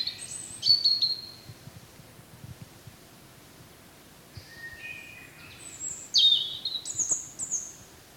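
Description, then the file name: European robin singing: a phrase of thin, high, sliding whistles, a pause, then a longer run of high whistles and twittering trills. "Erithacus rubecula"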